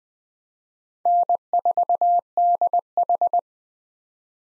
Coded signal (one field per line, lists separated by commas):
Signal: Morse code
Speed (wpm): 20 wpm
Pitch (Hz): 700 Hz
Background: none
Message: N4DH